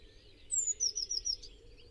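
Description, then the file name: Eurasian blue tit call: a high, thin note sliding downward, then a quick run of a few short, high notes, over faint low background noise. "Cyanistes caeruleus"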